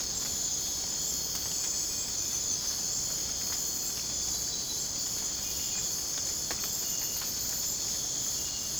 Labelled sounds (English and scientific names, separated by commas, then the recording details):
none
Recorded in dense forest near Puerto Asís, Putumayo, Colombia, on 25 June 2025 at 03:00
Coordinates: 0.486, -76.317
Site G065